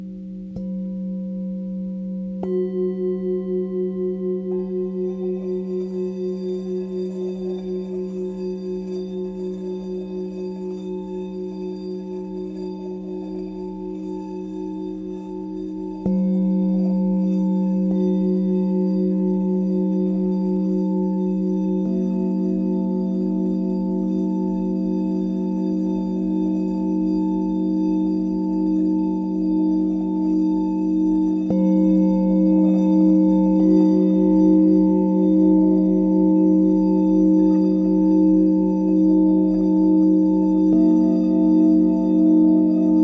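Himalayan singing bowls ring in long, overlapping low tones that waver and pulse gently. Fresh strikes add new layers at about 2, 16, 22, 31 and 42 seconds, each lifting the overall volume, so the sound grows fuller and slightly brighter toward the end.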